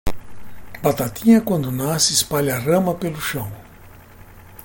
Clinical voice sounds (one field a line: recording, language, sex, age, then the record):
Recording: short text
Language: Brazilian Portuguese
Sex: male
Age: 60 to 69 years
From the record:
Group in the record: control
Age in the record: 64 years